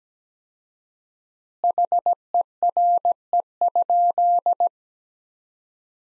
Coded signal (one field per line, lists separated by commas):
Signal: Morse code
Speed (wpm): 17 wpm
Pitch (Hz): 700 Hz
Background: none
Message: HERE?